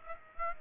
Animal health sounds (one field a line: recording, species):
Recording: mosquito wingbeat signal from an infrared sensor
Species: Aedes aegypti